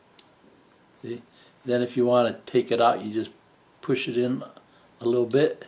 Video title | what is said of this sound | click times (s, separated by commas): Hunting Camera Wildgame Open Box, Set Up, Using It Outdoors and Sample Pictures | just put that in there and push it till it clicks | 0.2 s